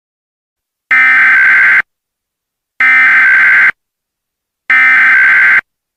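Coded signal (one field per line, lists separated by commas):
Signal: Emergency Alert System (SAME) tones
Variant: header bursts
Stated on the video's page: Mock Amber Alert EAS for Wyoming, a simulated alert rather than a real one.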